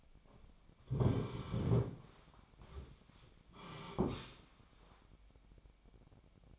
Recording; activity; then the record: daily activity, microphone in the room; sit down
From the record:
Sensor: 1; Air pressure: 1009.3 hPa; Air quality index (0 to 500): 180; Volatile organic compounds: 3 ppm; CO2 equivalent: 1524 ppm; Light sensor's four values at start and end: 45/120/50/60 and 46/123/51/61